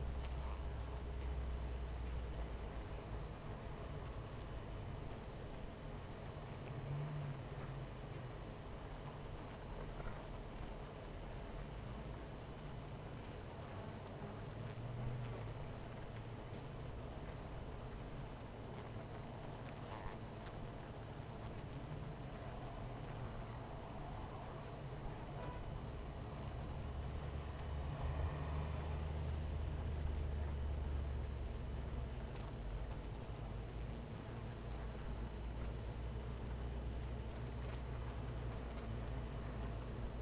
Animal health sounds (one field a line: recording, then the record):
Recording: honeybee colony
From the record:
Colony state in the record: missing queen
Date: 14 July 2017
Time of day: 18:15